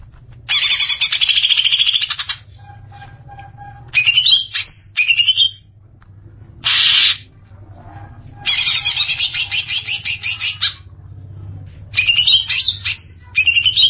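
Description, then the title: Greater green leafbird alternating long buzzy rattling bursts with short sharp whistled and twittering notes. "Cucak ijo"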